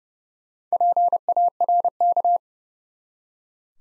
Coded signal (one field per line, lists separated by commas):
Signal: Morse code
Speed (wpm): 30 wpm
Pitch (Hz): 700 Hz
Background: none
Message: PARK